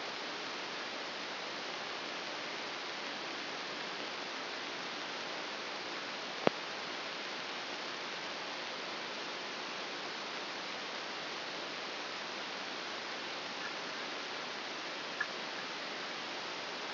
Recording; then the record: brain microelectrode recording played as sound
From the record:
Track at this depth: outside the subthalamic nucleus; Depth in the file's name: 5.401 mm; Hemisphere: right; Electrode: 2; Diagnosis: Parkinson's disease